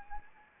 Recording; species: mosquito wingbeat signal from an infrared sensor; Anopheles arabiensis